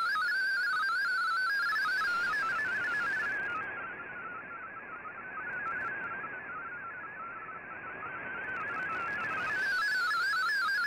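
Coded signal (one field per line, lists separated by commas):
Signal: multi-tone FSK (Olivia or MFSK type)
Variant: MFSK32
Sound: rapid warbling single tone jumping between pitches around 1.5 kHz, in hiss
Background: radio static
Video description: Here is my decode of the Shortwave Radiogram broadcast today on 15770Khz shortwave radio at 1330UTC in MFSK32 and 64 with 11 SSTV images.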